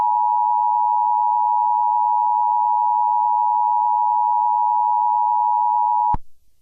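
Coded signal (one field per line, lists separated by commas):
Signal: Emergency Alert System (SAME) tones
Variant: 853 and 960 Hz attention tone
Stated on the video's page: Fictional emergency alert scenario, a work of fiction rather than a real broadcast.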